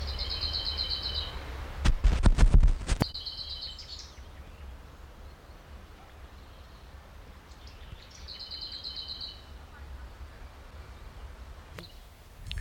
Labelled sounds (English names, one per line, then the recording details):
Lesser Whitethroat
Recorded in the wild
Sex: male
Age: adult
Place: Friedhof Niederschönhausen III, Berlin, DE
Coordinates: 52.571, 13.875
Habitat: Stadtfriedhof
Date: 1993-05-09 11:59
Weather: heiter, 22 °C
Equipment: Sony WM-D6C, Sennheiser ME 80, Kopie Uher Variocord 263
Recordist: Tembrock, Günter
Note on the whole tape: Friedhof Niederschönhausen III: Gesang